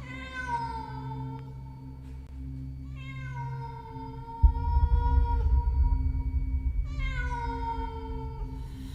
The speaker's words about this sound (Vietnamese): Ngoài cửa sổ, từ bao giờ vọng lại tiếng mèo hoang kêu lên giữa đêm trường tịch mịch, nghe đến não nở lòng.